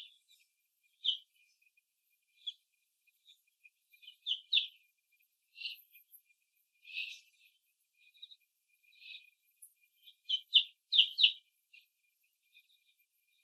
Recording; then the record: young laying hens in a cage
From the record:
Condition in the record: before the stressor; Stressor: simulated dog barking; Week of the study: 1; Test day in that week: 2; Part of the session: 1